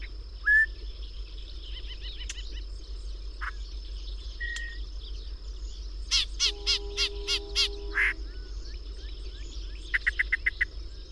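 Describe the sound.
Bird calls: brief whistles, then a burst of about six loud, harsh, evenly spaced notes, later a quick rattle of short notes, over a steady high hum.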